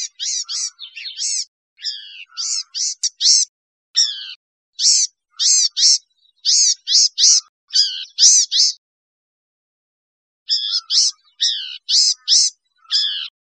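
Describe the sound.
Blue-gray gnatcatcher calling almost continuously, with strings of high, buzzy, nasal notes that are sometimes harsher and stuttering, and one longer pause.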